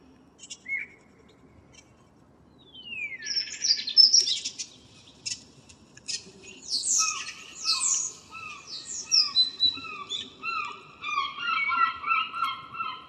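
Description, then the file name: Common blackbird song: varied whistled and warbling phrases with high squeaky twitters, starting after a few quiet seconds and continuing as a run of short repeated notes. "Turdus merula"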